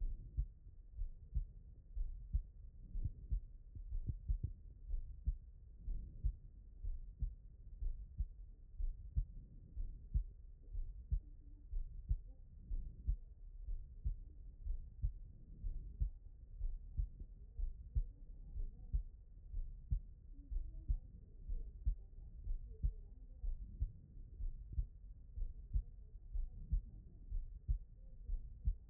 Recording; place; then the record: heart sounds by stethoscope; pulmonary valve (PV)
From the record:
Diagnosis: non-HFrEF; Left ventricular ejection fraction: 73%